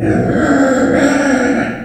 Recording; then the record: squeal of a Yucatan mini pig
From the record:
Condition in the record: after surgery on the right vocal fold (resection and tissue-engineered implant); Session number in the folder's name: 3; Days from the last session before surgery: 21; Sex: female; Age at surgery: 19 weeks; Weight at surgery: 25 kg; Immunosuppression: prednisolone